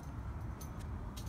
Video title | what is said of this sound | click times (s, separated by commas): 自己動手換汽車雨刷 replace windshield wiper blades for mini cooper | 就这样，有听到咔一声，有卡到就好了，非常的简单。 | 1.2 s